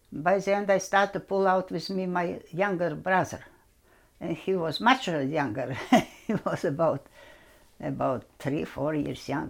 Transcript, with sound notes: By then I start to pull out with me my younger brother. And he was much younger. (she laughs) He was about three, four years younger.